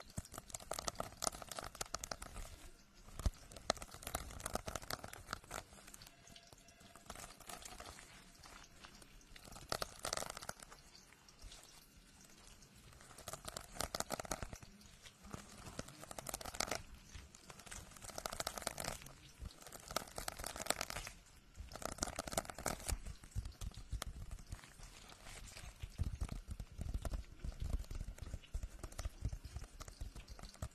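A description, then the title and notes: Office sounds: a dense, irregular patter of sharp clicks and taps, like typing, runs throughout. Louder rustling bursts of paper handling come around 10, 15 and 21 seconds, and a low rumble swells near the end. Office sounds. Typing, paper shuffling and lots more, including thunder.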